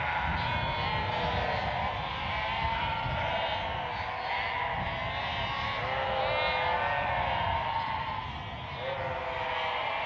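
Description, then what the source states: Sheep bleats, quavering and overlapping, come in quick succession throughout, with a low droning rumble underneath. Sheep bleating on a prairie.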